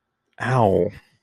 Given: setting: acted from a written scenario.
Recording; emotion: vocal sound without words; pain